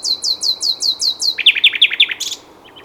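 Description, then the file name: Common nightingale song: a run of high, evenly spaced descending notes, then quicker lower rolling notes and a short buzzy ending. "Luscinia megarhynchos"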